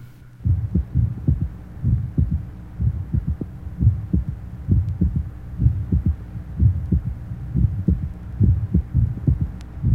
Age 18, normal third heart sound, mitral area.